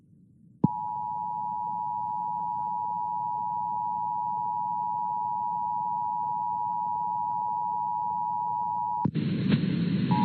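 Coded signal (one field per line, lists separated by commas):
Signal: Emergency Alert System (SAME) tones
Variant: 853 and 960 Hz attention tone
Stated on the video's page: Fictional custom scenario, nothing real.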